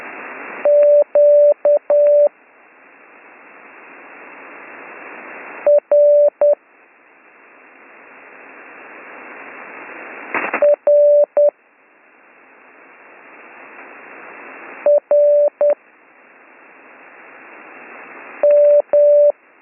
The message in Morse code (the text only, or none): QRRRM